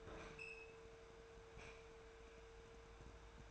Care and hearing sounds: daily activity, microphone in the room; open fridge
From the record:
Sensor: 2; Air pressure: 1014.8 hPa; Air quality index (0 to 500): 195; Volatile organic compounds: 17 ppm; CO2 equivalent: 2577 ppm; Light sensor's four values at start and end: 26/64/28/31 and 26/64/28/31

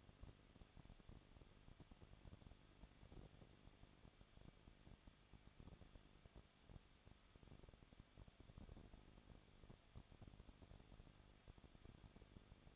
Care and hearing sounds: daily activity, microphone in the room; no activity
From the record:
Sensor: 4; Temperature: 23.1 degrees Celsius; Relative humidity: 34.3%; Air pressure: 1007.2 hPa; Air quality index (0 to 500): 214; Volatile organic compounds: 15 ppm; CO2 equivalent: 2480 ppm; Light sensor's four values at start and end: 2/3/1/1 and 2/3/1/1

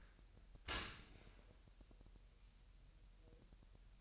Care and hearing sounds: daily activity, microphone in the room; open dishwasher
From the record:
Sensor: 2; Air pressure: 1000.4 hPa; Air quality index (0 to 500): 245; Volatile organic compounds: 89 ppm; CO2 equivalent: 3678 ppm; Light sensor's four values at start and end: 9/21/8/8 and 9/21/8/8

